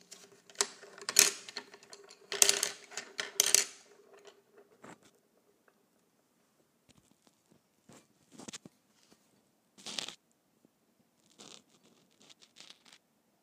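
Colored pencils being handled, with a dense burst of clicking, scraping and rattling in the first four seconds as they knock and rub together. Afterward it goes mostly quiet, broken by brief bright scratches and clacks around 8, 10 and 11–13 seconds.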